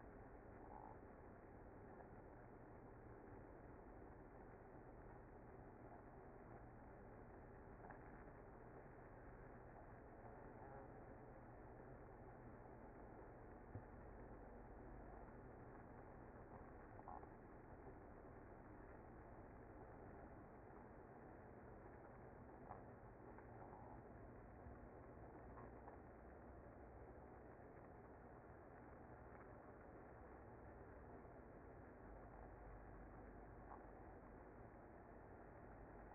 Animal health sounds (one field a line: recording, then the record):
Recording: honeybee colony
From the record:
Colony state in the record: active